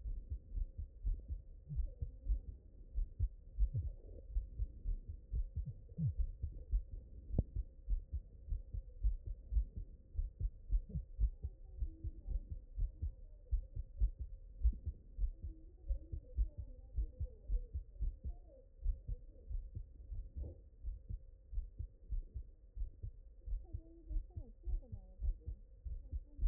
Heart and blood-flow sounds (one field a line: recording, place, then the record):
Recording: heart sounds by stethoscope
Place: mitral valve (MV)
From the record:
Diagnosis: HFrEF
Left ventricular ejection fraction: 35%